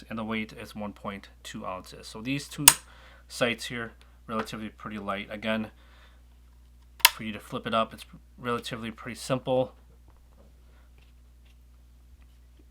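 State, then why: Seated. Someone talks while a Midwest Industries folding backup iron sight, weighing 1.2 ounces, on a rifle's upper receiver top rail is flipped up into its deployed position. It locks with one sharp, loud click at 7.1 s, and the sight is seated upright.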